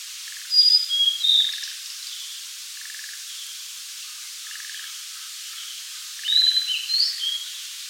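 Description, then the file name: Blue-and-white flycatcher singing two whistled phrases several seconds apart, high and slurred, while soft pulsed trills repeat quietly underneath. "Cyanoptila cyanomelana"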